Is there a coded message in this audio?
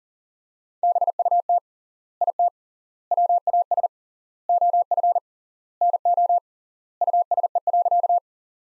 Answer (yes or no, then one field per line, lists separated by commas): yes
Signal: Morse code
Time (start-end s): 0.8-8.2 s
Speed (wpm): 40 wpm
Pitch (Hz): 700 Hz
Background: none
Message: BUT IT WAS OF NO USE.